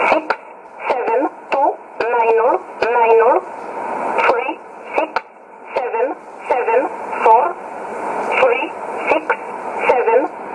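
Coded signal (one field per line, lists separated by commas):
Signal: numbers station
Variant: E11 Oblique, English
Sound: female voice reading about a dozen short words, evenly spaced, over shortwave hiss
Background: radio static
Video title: 14 02 2017 Numbers station E11 Oblique in English to Eu 1051 on 12153 in USB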